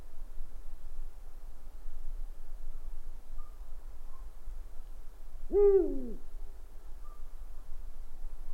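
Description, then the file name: Owl making one wavering, slightly rising then falling hoot midway through, surrounded by quiet with a continuous low-frequency hum. "gufo"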